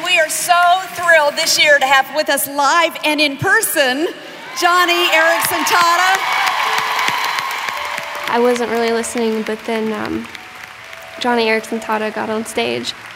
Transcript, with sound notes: And we are so thrilled, this year to have with us—this year live and in-person—Joni Eareckson Tada. (applause and cheering)
I wasn't really listening, but then Joni Eareckson Tada got on stage,